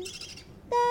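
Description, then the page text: Budgerigar chick with faint scratchy chirps, then a sudden steady, nasal tone that holds to the end. "セキセイインコのヒナの鳴き声その2（環境音）. riricoさんの鳥さんピーちゃん"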